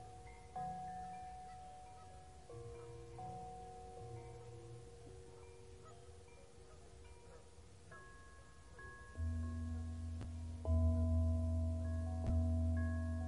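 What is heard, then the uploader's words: Calming bells ring out one at a time, each tone hanging on and slowly fading as the next overlaps it, over a steady soft hiss of white noise. Past the nine-second mark, deeper, louder bell strikes arrive near nine and eleven seconds, swelling the low ring. Soothing Bells: A Journey of White Noise. Calming bells white noise.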